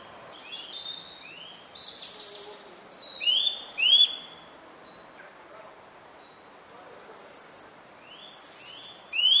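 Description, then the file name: Eurasian nuthatch calls: short upward-sweeping notes, singly and in quick pairs, among higher chirps from other birds. "Sitta europaea"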